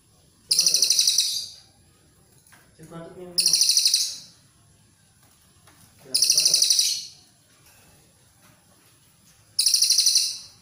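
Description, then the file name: Cililin coklat song: four loud, high, buzzy trills at uneven gaps, with a soft low chattering phrase between the first two. "suara cililin coklat"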